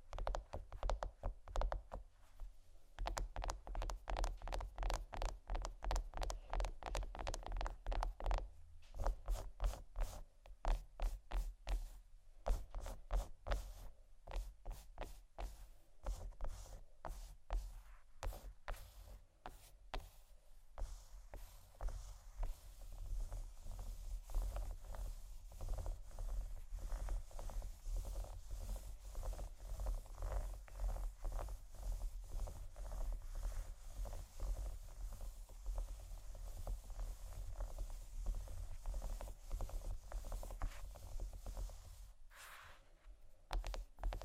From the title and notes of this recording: ASMR Chocolate Scratching & Tapping Low Lights（No Talking）.